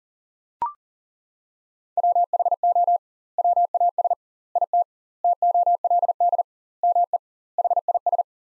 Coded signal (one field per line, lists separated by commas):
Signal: Morse code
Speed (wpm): 40 wpm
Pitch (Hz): 700 Hz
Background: none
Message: WHO WAS IT TOLD ME HIS